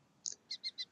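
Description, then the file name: Common kestrel calling, a brief chip followed by four sharp, high kee notes evenly spaced in quick succession. "gheppio"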